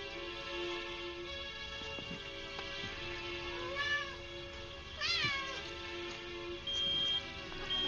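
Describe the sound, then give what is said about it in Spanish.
A cat meows twice, a short rising-and-falling cry and then a louder, higher one, over a steady humming background with no talking. “Ven, gatito.”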